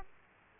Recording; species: mosquito wingbeat signal from an infrared sensor; Aedes aegypti